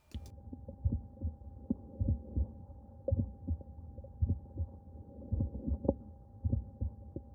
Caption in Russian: Пациента, которому около 50 лет, с самым частым врожденным пороком сердца, двустворчатым аортальным клапаном. Функция клапана не нарушена. Во всех точках аускультации слышен аортальный тон изгнания. Аортальный тон изгнания наиболее громкий на верхушке сердца.